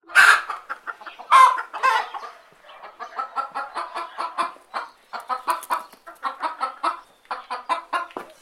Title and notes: Chickens sound effect. Chicken coop. Chicken hen clucking. Alexander